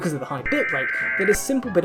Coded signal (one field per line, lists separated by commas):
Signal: Emergency Alert System (SAME) tones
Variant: header bursts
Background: speech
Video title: What Are EAS Scenarios? The Scary Noise